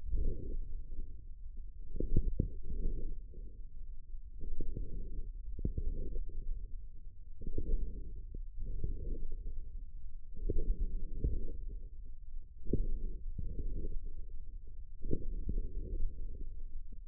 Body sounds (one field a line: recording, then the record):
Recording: forearm muscle sounds (acoustic myography)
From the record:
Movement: forearm supination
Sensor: system 1, eight BSWA MPA416 microphones around the upper forearm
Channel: 6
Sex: male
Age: 54 years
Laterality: right